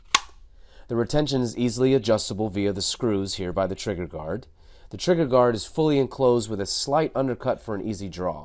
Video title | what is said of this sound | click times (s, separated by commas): TOP 10 BEST HOLSTERS FOR CONCEALED CARRY 2024! | with a satisfying click | 0.2 s